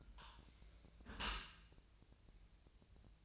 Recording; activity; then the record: daily activity, microphone in the room; close dishwasher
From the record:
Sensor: 2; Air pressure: 1000.4 hPa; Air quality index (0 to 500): 167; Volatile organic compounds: 3 ppm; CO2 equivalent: 1381 ppm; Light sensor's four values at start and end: 12/32/12/14 and 12/32/12/14